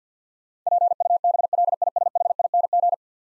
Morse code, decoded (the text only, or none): PUBLISHING